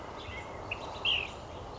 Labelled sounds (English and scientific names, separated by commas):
Ash-throated Flycatcher (Myiarchus cinerascens)